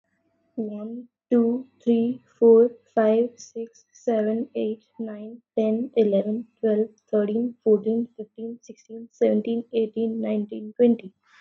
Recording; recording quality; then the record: counting at a normal pace; excellent, no background noise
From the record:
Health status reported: healthy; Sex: female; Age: 18 years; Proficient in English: yes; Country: India